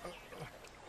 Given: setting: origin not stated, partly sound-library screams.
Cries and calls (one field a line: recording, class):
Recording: one-second piece from a danger detection set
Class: normal situation